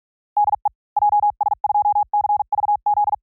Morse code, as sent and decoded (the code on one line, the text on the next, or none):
-.. . / .--- ... ..--- -.-. ...- --..
DE JS2CVZ